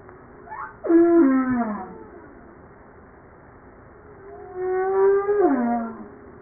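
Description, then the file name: Humpback whale song: two drawn-out moans separated by a quiet gap, each holding steady then sliding downward, rich with harmonics. Recorded 5 March 1994. "Baleine a bosse 940305"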